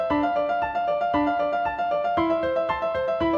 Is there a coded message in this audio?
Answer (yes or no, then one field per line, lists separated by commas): no